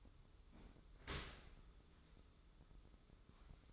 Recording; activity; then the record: daily activity, microphone in the room; open dishwasher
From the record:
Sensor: 3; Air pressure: 995.8 hPa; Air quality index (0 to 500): 97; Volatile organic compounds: 14 ppm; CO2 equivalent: 2447 ppm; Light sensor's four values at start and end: 29/88/37/32 and 29/88/37/32